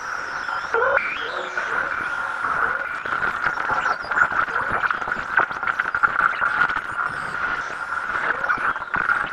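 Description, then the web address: Insect drone, steady throughout, with a few brief rising whistled notes near the start and scattered clicks. "Spongefork spongefork insects crepitata"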